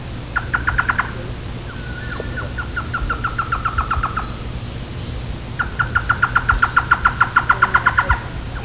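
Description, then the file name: Black-headed trogon calls in three rapid series of short, even notes, the first brief and the other two longer, over a steady low hum. "blkhdtrg"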